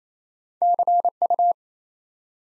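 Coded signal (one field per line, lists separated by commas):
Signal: Morse code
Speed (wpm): 29 wpm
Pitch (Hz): 700 Hz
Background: none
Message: CU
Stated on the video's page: Morse code practice building four-letter words two letters at a time at 28 wpm, for beginners working on instant character recognition.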